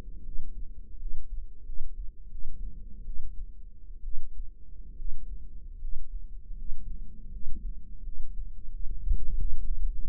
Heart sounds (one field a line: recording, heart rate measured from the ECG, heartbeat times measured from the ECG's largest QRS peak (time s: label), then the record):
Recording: heart sounds by microphone in the right ear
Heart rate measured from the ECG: 80 bpm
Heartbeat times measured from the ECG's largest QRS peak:
0.24 s: heartbeat
0.98 s: heartbeat
1.65 s: heartbeat
2.30 s: heartbeat
3.05 s: heartbeat
4.03 s: heartbeat
4.97 s: heartbeat
5.80 s: heartbeat
6.57 s: heartbeat
7.32 s: heartbeat
8.04 s: heartbeat
8.72 s: heartbeat
9.39 s: heartbeat
10.02 s: heartbeat
From the record:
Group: healthy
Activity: rest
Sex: male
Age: 23 years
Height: 179 cm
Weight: 87 kg